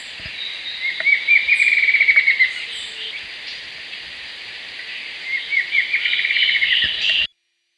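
Bird calling in rapid, high trilled runs of notes, one burst early and another near the end, over a steady background hiss.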